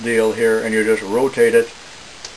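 Someone talks while handling a multi-tool turret tailstock for Atlas, Clausing and South Bend metal lathes, using its thumb release to rotate it toward the next tool station's indexing detent. Speech fills the first 1.7 seconds, then it goes quiet with low background noise. The turret has not yet clicked or seated into the next position.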